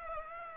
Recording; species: mosquito wingbeat signal from an infrared sensor; Aedes aegypti